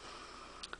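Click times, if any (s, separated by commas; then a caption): 0.6 s, 0.7 s. An ESEE Junglas fixed-blade knife is pushed into its molded sheath with a tension adjuster, over a steady hiss. Two short clicks at 0.6 s and 0.7 s mark the blade snapping firmly into the sheath's retention, so the knife is seated.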